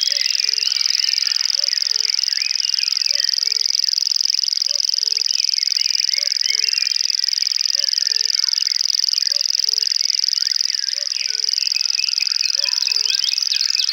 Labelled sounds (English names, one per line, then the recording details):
Common Grasshopper Warbler song
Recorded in the wild
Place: Waltershofen / Freiburg im Breisgau, Baden-Württemberg, DE
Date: 1977-05-20
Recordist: Schwarz, Dieter